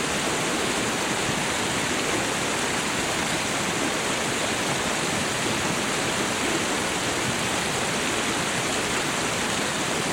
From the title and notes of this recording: Nature's Symphony: Tranquil Waterfall River Sounds for Relaxation and Meditation.